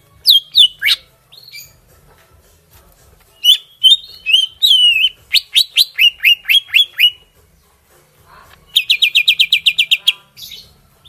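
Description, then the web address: Greater green leafbird singing bright whistled notes that slide downward in quick series, followed by a rapid even burst of repeated chips lasting about one and a half seconds. Kalimantan. "cucak-ijo suara-cucak-ijo-kalimantan"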